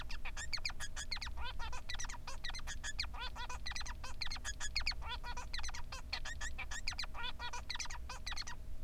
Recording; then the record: song of a male Bengalese finch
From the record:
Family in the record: son of father 3